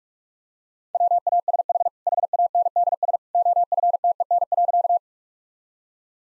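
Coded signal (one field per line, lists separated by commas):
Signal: Morse code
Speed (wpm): 46 wpm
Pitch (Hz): 700 Hz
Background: none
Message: WASH HANDS OFTEN.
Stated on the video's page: Morse practice of easy sentences with context hints at 45 wpm.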